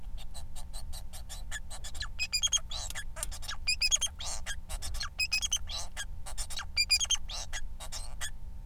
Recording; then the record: song of a male Bengalese finch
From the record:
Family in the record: son of father 4